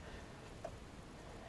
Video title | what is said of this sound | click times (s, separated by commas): How To Replace A Fuel Injector In A 2009 Kawasaki Terex 750 FI Sport | sensor right here press down on it until you hear it snap in and | 0.6 s